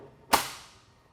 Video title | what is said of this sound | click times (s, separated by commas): How To Use The Solid Loc Screen Stretching System | And then here it locked in place. | 0.3 s